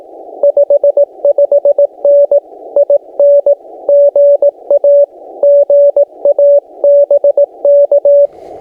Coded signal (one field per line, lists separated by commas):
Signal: Morse code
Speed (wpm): 18 wpm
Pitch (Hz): 570 Hz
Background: none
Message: 55N IN GA GA BK